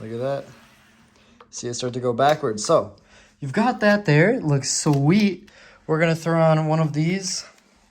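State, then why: Not seated. Someone talks while handling a KATO Chicago Metra commuter train starter set, with a model train car moving in reverse on the track and another car being brought up to couple its plastic coupler onto the next car's coupler. Nothing has seated or clicked yet; the clip ends before the coupler goes home.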